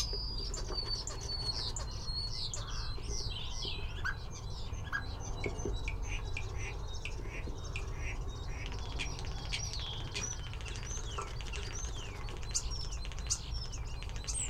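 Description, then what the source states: Common Starling song, a long continuous jumble of squeaky whistles, chattering notes and wheezy slurs, varied throughout, with low background rumble. A single bird producing many sounds: various phrases and notes, with mimicry.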